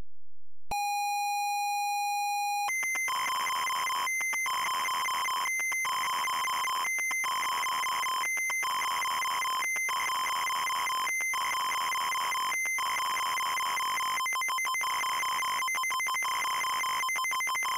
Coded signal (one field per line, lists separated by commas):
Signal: ZX Spectrum tape loading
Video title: Hudson Hawk (ZX Spectrum)